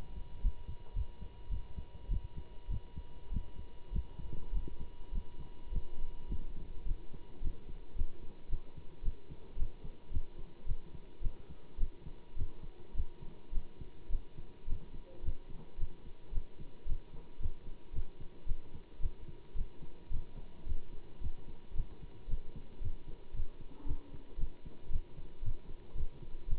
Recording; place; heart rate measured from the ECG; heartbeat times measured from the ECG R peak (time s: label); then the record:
heart sounds by stethoscope; between the tricuspid and mitral areas; 108 bpm
0.40 s: heartbeat
0.93 s: heartbeat
1.48 s: heartbeat
2.08 s: heartbeat
2.68 s: heartbeat
3.30 s: heartbeat
3.91 s: heartbeat
4.52 s: heartbeat
5.12 s: heartbeat
5.70 s: heartbeat
6.28 s: heartbeat
6.85 s: heartbeat
7.41 s: heartbeat
7.94 s: heartbeat
8.48 s: heartbeat
9.02 s: heartbeat
9.56 s: heartbeat
10.10 s: heartbeat
10.65 s: heartbeat
11.21 s: heartbeat
11.77 s: heartbeat
12.35 s: heartbeat
12.93 s: heartbeat
13.51 s: heartbeat
14.09 s: heartbeat
14.66 s: heartbeat
15.22 s: heartbeat
15.77 s: heartbeat
16.32 s: heartbeat
16.86 s: heartbeat
17.39 s: heartbeat
17.92 s: heartbeat
18.45 s: heartbeat
18.99 s: heartbeat
19.55 s: heartbeat
20.10 s: heartbeat
20.65 s: heartbeat
21.20 s: heartbeat
21.74 s: heartbeat
22.28 s: heartbeat
22.80 s: heartbeat
23.33 s: heartbeat
23.85 s: heartbeat
24.37 s: heartbeat
24.89 s: heartbeat
25.41 s: heartbeat
25.94 s: heartbeat
26.47 s: heartbeat
From the record:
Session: Bruce protocol treadmill stress test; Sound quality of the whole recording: good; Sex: male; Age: 25 years